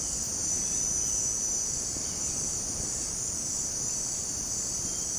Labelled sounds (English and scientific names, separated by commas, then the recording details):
none
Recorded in dense forest near Puerto Asís, Putumayo, Colombia, on 18 February 2024 at 17:30
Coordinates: 0.503, -76.322
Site G6418